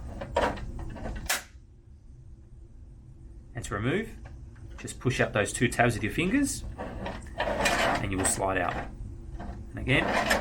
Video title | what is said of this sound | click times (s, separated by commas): How to install WB Networks HypaFOX Cassettes | insert it into the slot and just wait for it to light insert and you'll hear a clicking noise and | 1.3 s